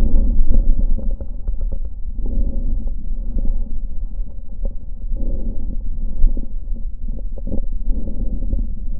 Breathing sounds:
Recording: lung sounds by stethoscope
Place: left posterior lower chest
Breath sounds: crackles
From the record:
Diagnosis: lung fibrosis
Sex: female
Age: 76 years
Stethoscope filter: diaphragm mode, 100 to 500 Hz

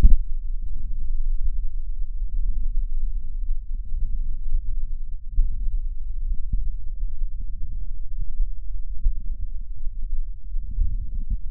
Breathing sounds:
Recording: lung sounds by stethoscope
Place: left posterior lower chest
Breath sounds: crackles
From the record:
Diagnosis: heart failure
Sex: male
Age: 56 years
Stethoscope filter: bell mode, 20 to 200 Hz

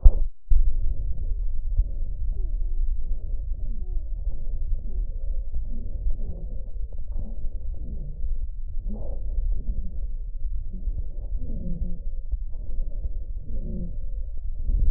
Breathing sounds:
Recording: lung sounds by stethoscope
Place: right posterior lower chest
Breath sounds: expiratory wheeze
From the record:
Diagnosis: asthma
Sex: male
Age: 59 years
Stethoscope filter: extended mode, 50 to 500 Hz

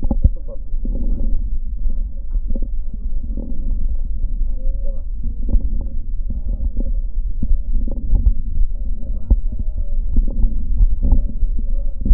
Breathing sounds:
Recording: lung sounds by stethoscope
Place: right posterior upper chest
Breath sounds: crackles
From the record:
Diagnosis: heart failure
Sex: male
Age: 56 years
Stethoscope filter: diaphragm mode, 100 to 500 Hz

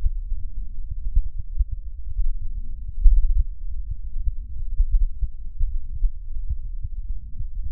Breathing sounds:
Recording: lung sounds by stethoscope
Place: left posterior lower chest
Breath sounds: crackles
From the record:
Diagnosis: heart failure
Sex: male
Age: 57 years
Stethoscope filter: bell mode, 20 to 200 Hz

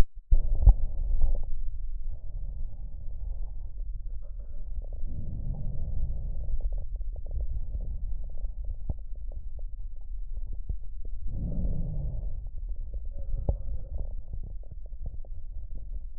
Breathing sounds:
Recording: lung sounds by stethoscope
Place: left posterior middle chest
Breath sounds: normal breath sounds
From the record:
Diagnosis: none (healthy)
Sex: male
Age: 30 years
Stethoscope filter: extended mode, 50 to 500 Hz

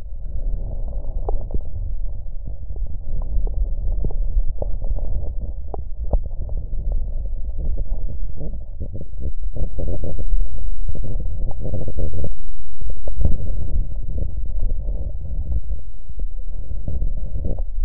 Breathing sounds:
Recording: lung sounds by stethoscope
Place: right anterior lower chest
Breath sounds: normal breath sounds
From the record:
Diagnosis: none (healthy)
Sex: male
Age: 30 years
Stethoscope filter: extended mode, 50 to 500 Hz

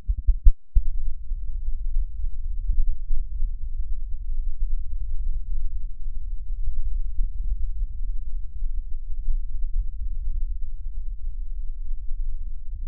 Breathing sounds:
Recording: lung sounds by stethoscope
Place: left posterior upper chest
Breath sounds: normal breath sounds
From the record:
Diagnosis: none (healthy)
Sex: female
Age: 52 years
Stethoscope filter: bell mode, 20 to 200 Hz

